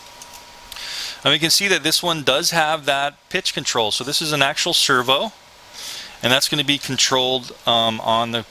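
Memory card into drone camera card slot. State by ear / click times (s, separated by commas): seated / 0.7 s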